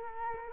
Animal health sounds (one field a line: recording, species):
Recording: mosquito wingbeat signal from an infrared sensor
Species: Culex quinquefasciatus